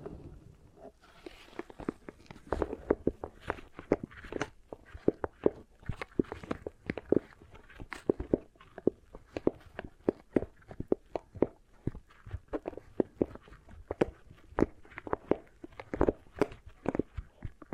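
Beeswax is pressed and worked, giving a dense, irregular run of sticky crackles and soft pops that keeps going for the whole clip. Sharp clicks come several times a second over a low, muffled rubbing, with a few louder snaps scattered throughout.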